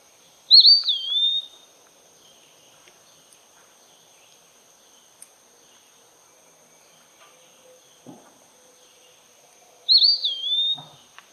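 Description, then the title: Eastern wood pewee song: two drawn-out, wavering whistled phrases about nine seconds apart, each rising and then sliding down, over a quiet background with a faint steady high tone. "LuckyPassaro Completos2Sama. Eastern Wood Pewee (Contopus virens)"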